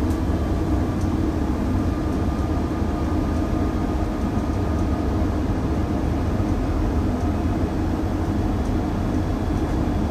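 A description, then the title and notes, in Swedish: A steady, dense low rumble of a bus ride, engine and road noise holding constant throughout with a faint hum and occasional light ticks. Lyssna in Min Bussresa - Lunchtid klockan 11:29.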